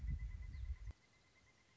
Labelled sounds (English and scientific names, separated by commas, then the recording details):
Pileated Woodpecker (Dryocopus pileatus)
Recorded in Sonoma County, California